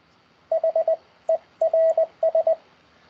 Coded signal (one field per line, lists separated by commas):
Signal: Morse code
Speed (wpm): 20 wpm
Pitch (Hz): 650 Hz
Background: radio noise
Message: HERS